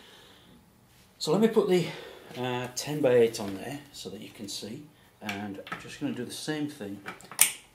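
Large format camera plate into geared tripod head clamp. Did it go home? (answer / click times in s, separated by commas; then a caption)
no / none. A 10x8 large format camera on its plate is handled over a geared tripod head clamp while someone talks, with brief handling knocks between the words. The clip ends before the plate is pushed home, so nothing has seated or clicked yet.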